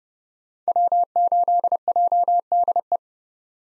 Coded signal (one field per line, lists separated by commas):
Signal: Morse code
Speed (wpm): 31 wpm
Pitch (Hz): 700 Hz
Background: none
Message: W8JDE